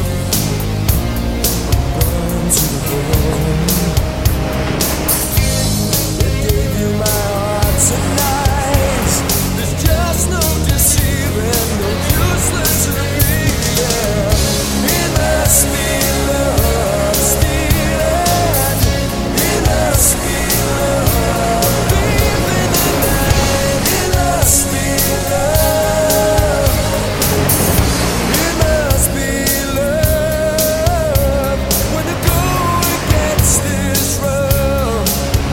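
Melodic AOR rock music plays at a steady, full loudness for the whole stretch, dense and unbroken. A regular drumbeat with crisp cymbals drives it, over a deep, moving bass line and sustained melody notes that rise and shift every few seconds.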